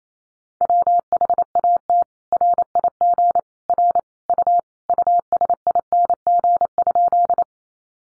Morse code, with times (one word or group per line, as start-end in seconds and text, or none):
0.6-2.0 WHAT
2.3-3.4 RIG
3.7-4.0 R
4.3-4.6 U
4.9-7.4 USING?